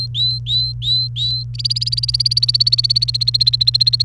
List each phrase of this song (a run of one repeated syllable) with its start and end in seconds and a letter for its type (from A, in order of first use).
0.00-1.43 A, 1.54-4.04 B